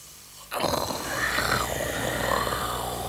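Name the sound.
snoring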